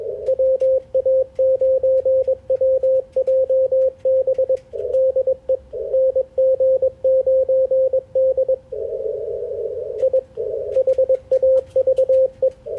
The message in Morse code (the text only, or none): WA9WJB DE NG9D I HAVE